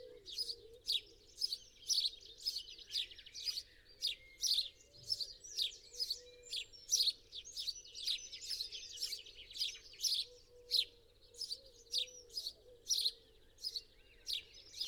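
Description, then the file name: House sparrow chirps, a steady series of bright, slightly buzzy notes about twice per second, with faint low tonal sounds underneath. "Passer domesticus"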